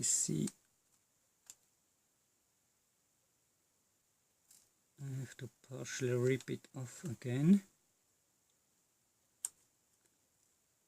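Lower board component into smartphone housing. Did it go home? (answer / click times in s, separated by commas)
yes / 9.5 s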